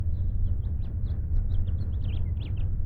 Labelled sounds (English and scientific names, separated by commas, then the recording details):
House Finch (Haemorhous mexicanus) song
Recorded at Oak Beach on Long Island, New York, on 21 May 1975
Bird A